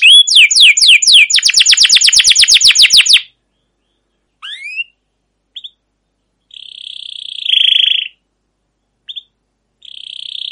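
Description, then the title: Canary giving a fast chattering trill for about three seconds, followed by silence and a few scattered rising notes and soft buzzy tones. Long rolling canary song with cuit cuit calls, used as a lure and model to train other canaries. "CUIT CUIT NGEROL LANGSUNG GACOR PANJANG Kenari Ini AMPUH Utk Pancingan KENAR. Masteran Suara Burung Kenari Gacor Panjang cuit cuit Ngerol untuk Pancingan Kenari!"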